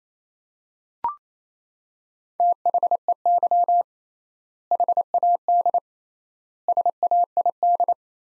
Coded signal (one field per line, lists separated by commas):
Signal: Morse code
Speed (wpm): 28 wpm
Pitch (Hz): 700 Hz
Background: none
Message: THEY HAD SAID